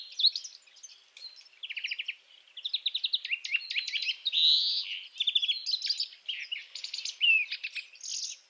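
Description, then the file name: European greenfinch song, a continuous twitter of rapid trills and chirps with a drawn-out wheezy note near the middle, sustained for the whole stretch. "Chloris chloris"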